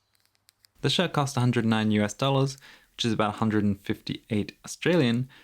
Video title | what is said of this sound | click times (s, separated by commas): Western Rise AirLight Button-Down Shirt Review | has a very satisfying clicking closure son as you can hear here the | 0.5 s, 0.6 s